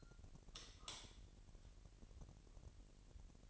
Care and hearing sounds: daily activity, microphone in the room; light on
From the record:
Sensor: 4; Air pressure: 1002.7 hPa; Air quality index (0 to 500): 250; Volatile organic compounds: 17 ppm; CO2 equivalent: 2600 ppm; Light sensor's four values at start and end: 6/13/5/5 and 7/16/6/6

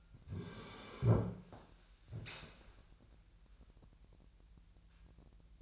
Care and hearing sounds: daily activity, microphone in the room; sit down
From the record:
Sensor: 2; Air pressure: 1001.4 hPa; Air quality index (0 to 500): 242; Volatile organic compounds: 76 ppm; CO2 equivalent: 3572 ppm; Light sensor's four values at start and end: 10/24/10/10 and 8/20/8/9

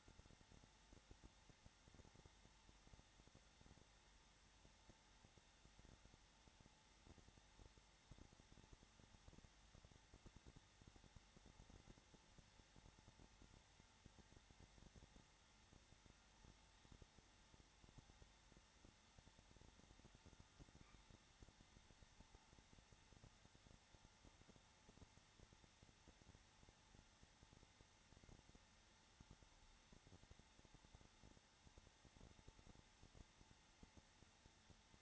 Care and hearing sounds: daily activity, microphone in the room; no activity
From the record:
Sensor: 3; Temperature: 21.3 degrees Celsius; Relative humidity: 33.3%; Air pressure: 994.5 hPa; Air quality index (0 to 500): 167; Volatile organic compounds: 3 ppm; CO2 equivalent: 1455 ppm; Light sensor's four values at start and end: 2/3/2/2 and 2/3/2/2

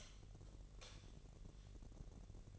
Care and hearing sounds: daily activity, microphone in the room; light off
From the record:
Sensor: 4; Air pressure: 1012.7 hPa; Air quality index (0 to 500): 248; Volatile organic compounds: 4 ppm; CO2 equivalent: 1675 ppm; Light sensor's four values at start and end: 16/41/16/17 and 14/32/13/13

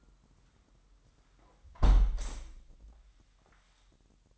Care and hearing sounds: daily activity, microphone in the room; close window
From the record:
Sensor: 3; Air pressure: 998.6 hPa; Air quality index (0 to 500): 143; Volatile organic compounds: 5 ppm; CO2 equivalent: 1716 ppm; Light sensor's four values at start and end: 9/22/9/10 and 9/21/9/9

